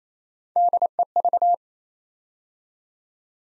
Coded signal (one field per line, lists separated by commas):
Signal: Morse code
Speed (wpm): 28 wpm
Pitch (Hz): 700 Hz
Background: none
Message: DEV